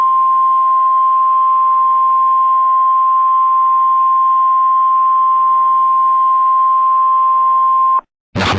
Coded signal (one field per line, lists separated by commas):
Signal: Emergency Alert System (SAME) tones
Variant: 1050 Hz attention tone